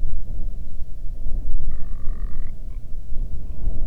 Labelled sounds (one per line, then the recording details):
grouse or ptarmigan
wind
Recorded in the Arctic National Wildlife Refuge, Alaska, on 8 June 2019 at 00:05
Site 40